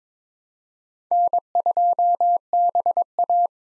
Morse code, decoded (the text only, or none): N2BA